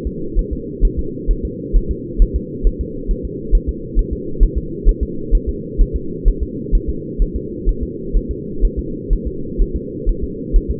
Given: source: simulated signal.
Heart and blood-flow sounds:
fetal heart sounds
0.07 s: S2
0.39 s: S1
0.53 s: S2
0.85 s: S1
0.99 s: S2
1.31 s: S1
1.45 s: S2
1.77 s: S1
1.91 s: S2
2.22 s: S1
2.36 s: S2
2.67 s: S1
2.81 s: S2
3.11 s: S1
3.25 s: S2
3.55 s: S1
3.69 s: S2
3.99 s: S1
4.13 s: S2
4.43 s: S1
4.58 s: S2
4.89 s: S1
5.03 s: S2
5.35 s: S1
5.49 s: S2
5.81 s: S1
5.96 s: S2
6.28 s: S1
6.43 s: S2
6.75 s: S1
6.89 s: S2
7.22 s: S1
7.36 s: S2
7.69 s: S1
7.83 s: S2
8.16 s: S1
8.31 s: S2
8.65 s: S1
8.79 s: S2
9.13 s: S1
9.27 s: S2
9.62 s: S1
9.76 s: S2
10.09 s: S1
10.24 s: S2
10.56 s: S1
10.71 s: S2
From the record:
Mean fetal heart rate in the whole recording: 130 bpm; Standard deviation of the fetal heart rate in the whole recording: 4 bpm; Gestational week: 38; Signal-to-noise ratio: -4.3 dB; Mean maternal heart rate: 72 bpm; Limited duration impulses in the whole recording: present

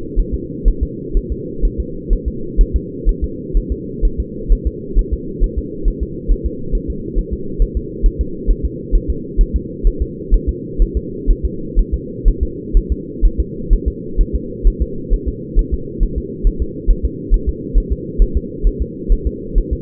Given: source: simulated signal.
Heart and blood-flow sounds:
fetal heart sounds
0.20 s: S1
0.34 s: S2
0.68 s: S1
0.83 s: S2
1.17 s: S1
1.32 s: S2
1.65 s: S1
1.80 s: S2
2.13 s: S1
2.28 s: S2
2.61 s: S1
2.76 s: S2
3.09 s: S1
3.24 s: S2
3.57 s: S1
3.72 s: S2
4.05 s: S1
4.20 s: S2
4.53 s: S1
4.67 s: S2
4.99 s: S1
5.13 s: S2
5.44 s: S1
5.59 s: S2
5.88 s: S1
6.03 s: S2
6.32 s: S1
6.46 s: S2
6.75 s: S1
6.90 s: S2
7.19 s: S1
7.33 s: S2
7.62 s: S1
7.77 s: S2
8.06 s: S1
8.21 s: S2
8.51 s: S1
8.65 s: S2
8.95 s: S1
9.10 s: S2
9.41 s: S1
9.56 s: S2
9.87 s: S1
10.02 s: S2
10.34 s: S1
10.49 s: S2
10.82 s: S1
10.97 s: S2
11.31 s: S1
11.45 s: S2
11.79 s: S1
11.94 s: S2
12.28 s: S1
12.43 s: S2
12.77 s: S1
12.92 s: S2
13.25 s: S1
13.40 s: S2
13.73 s: S1
13.88 s: S2
14.21 s: S1
14.36 s: S2
14.68 s: S1
14.82 s: S2
15.14 s: S1
15.28 s: S2
15.59 s: S1
15.74 s: S2
16.03 s: S1
16.18 s: S2
16.47 s: S1
16.62 s: S2
16.91 s: S1
17.05 s: S2
17.34 s: S1
17.49 s: S2
17.78 s: S1
17.93 s: S2
18.22 s: S1
18.37 s: S2
18.67 s: S1
18.82 s: S2
19.12 s: S1
19.27 s: S2
19.58 s: S1
19.73 s: S2
From the record:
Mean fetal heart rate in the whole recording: 130 bpm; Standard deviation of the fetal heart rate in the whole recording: 4 bpm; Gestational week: 38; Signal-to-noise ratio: -4.3 dB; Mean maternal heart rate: 72 bpm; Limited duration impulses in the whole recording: absent

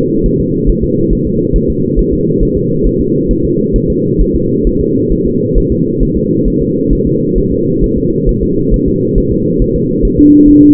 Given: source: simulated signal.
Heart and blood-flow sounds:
fetal heart sounds
0.26 s: S1
0.40 s: S2
0.69 s: S1
0.84 s: S2
1.13 s: S1
1.27 s: S2
1.56 s: S1
1.70 s: S2
1.99 s: S1
2.13 s: S2
2.43 s: S1
2.57 s: S2
2.86 s: S1
3.01 s: S2
3.31 s: S1
3.45 s: S2
3.76 s: S1
3.90 s: S2
4.21 s: S1
4.36 s: S2
4.67 s: S1
4.81 s: S2
5.12 s: S1
5.27 s: S2
5.58 s: S1
5.72 s: S2
6.03 s: S1
6.17 s: S2
6.48 s: S1
6.62 s: S2
6.93 s: S1
7.07 s: S2
7.38 s: S1
7.52 s: S2
7.84 s: S1
7.98 s: S2
8.29 s: S1
8.43 s: S2
8.74 s: S1
8.88 s: S2
9.18 s: S1
9.32 s: S2
9.62 s: S1
9.76 s: S2
10.05 s: S1
10.19 s: S2
10.48 s: S1
10.63 s: S2
From the record:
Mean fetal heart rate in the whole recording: 135 bpm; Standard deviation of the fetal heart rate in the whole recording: 3 bpm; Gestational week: 36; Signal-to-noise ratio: -11.2 dB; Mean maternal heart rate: 72 bpm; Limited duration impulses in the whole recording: present

